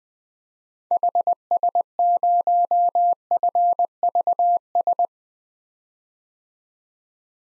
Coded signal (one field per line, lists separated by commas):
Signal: Morse code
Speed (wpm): 20 wpm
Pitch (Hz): 700 Hz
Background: none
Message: HS0FVS